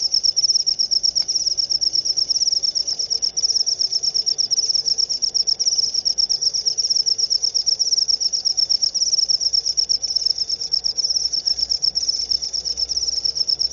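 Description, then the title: Cricket song, an unbroken high pulsing trill throughout, over soft low background noise. Loud cricket chirping (ngerik) played to make lovebirds sing continuously (ngekek). "Suara JANGKRIK NGERIK Keras Bikin LOVEBIRD Jadi NGEKEK Terus Vubey"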